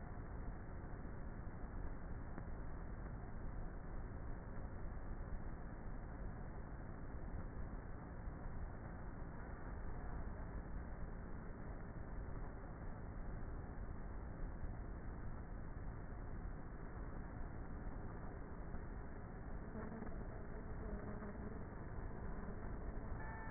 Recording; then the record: honeybee colony, microphone inside the hive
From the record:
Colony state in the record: queenless with a low population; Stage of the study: before two queens were removed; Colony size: about 30,000 bees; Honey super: no